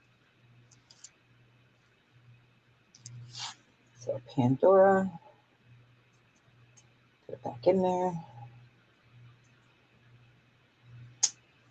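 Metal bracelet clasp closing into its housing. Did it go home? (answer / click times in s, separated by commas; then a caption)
yes / 11.2 s. A Pandora-style sterling silver charm bracelet has its metal clasp closed into its housing while someone talks. After quiet handling with a few faint ticks, one strong, sharp click at 11.2 s shows the clasp has snapped shut and seated.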